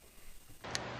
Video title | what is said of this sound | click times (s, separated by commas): Installing Solar Photovoltaic Systems Installation Class | There, hear that click? He reached the 20 inch-pounds. | 0.8 s